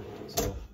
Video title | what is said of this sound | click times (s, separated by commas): The King Of Campers!!! 2024 Arctic Fox 1150 - Smith RV in Casper, WY. | and it locks into place when it's in so | 0.4 s